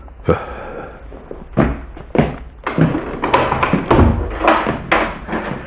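In a radio drama, a house door is opened for a visiting priest amid a run of hollow wooden clunks and thuds, irregular and fairly loud, with rattling knocks in between and no voices.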